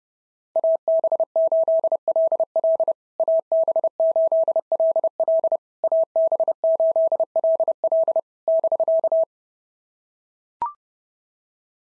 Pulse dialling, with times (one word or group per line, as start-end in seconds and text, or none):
none